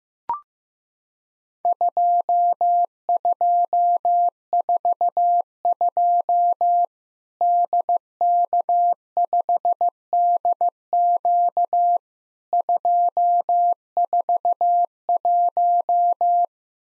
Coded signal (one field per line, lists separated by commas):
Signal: Morse code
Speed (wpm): 15 wpm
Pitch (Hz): 700 Hz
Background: none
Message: 2242 DK5DQ 241